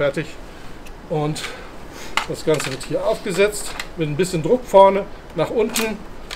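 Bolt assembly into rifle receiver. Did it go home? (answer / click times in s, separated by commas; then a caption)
no / none. Someone talks while the bolt assembly of a Beretta BRX1 straight-pull hunting rifle, with its bolt handle swapped and bolt head refitted, is set onto the receiver and pressed down at the front with a little force. Light handling noises and soft metallic taps are heard under the talk, with a short sharp sound at 6.3 s. The clip ends before the bolt goes home, so nothing has seated yet.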